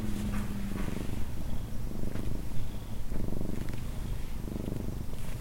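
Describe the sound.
Cat giving a deep, steady purr, pulsing with each breath in and out, a soft brief tone near the start and light rustles.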